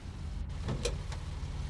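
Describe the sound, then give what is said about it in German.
The door of a car that has just arrived is opened over a steady low engine rumble, with a few short metallic clicks and a latch clunk in quick succession. “Los, Jefferson, Tür auf.”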